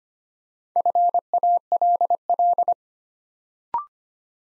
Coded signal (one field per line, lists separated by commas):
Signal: Morse code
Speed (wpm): 25 wpm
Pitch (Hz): 700 Hz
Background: none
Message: FALL